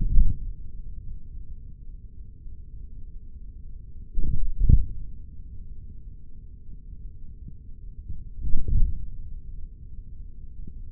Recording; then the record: forearm muscle sounds (acoustic myography)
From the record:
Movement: hand closing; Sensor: system 3, bracelet of six PUI Audio POM-2738L microphones around the upper forearm, with dedicated amplification and filtering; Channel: 4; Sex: male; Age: 56 years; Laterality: right